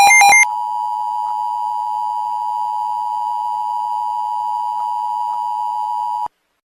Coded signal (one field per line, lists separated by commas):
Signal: Emergency Alert System (SAME) tones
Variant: 853 and 960 Hz attention tone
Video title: The Storm From Hell - An EAS Scenario